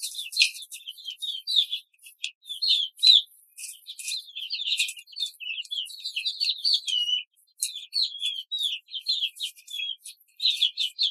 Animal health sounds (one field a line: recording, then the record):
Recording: young laying hens in a cage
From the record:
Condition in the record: control cage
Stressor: none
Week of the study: 5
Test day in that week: 1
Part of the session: 3